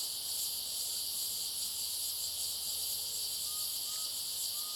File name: Cigarras mais fortes na clareira som agudo fino mosca, passaro, transito bem longe